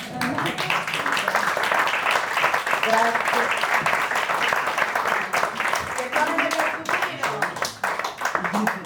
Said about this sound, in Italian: Vabbè, e l'ultima, la più grande, la massima, quando finisce il monologo, per favore, applaudite!